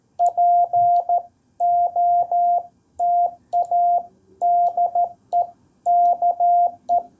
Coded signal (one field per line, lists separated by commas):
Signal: Morse code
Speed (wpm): 13 wpm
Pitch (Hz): 700 Hz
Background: none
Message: POTA DE KE